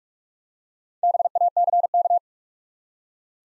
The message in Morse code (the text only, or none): BACK